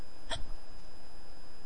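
An adult woman's single short, sharp hiccup with a quick gulping catch of breath, followed by over a second of quiet with only a steady background hum. Her hiccups recur at irregular intervals, sometimes a second apart and sometimes an hour apart.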